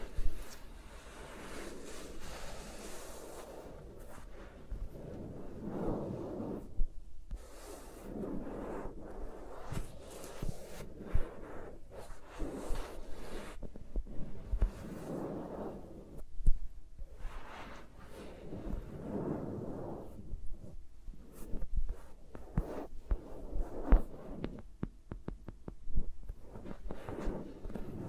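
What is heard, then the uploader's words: Fingers move around microphones, making soft rubbing, brushing and tapping sounds with no talking. The handling is continuous and uneven, swelling into denser, fuller rustling in stretches around 5–8, 12–15 and 20–22 seconds, with sharp light taps scattered throughout, clustered near the end. ASMR with Mics Around My Fingers (No Talking).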